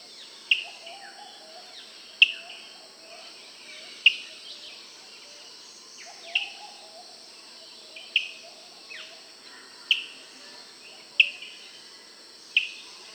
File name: Meli Grac